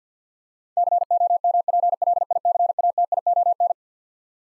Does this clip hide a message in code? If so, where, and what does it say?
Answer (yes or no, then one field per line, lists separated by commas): yes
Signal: Morse code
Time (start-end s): 0.8-3.7 s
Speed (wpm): 50 wpm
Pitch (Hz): 700 Hz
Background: none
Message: COMPLICATION